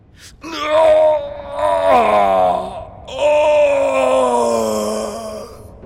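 A bloodcurdling, wailing scream echoing in a cave: two long, loud, drawn-out cries with a brief pause between, the pitch wavering and bending, no talking.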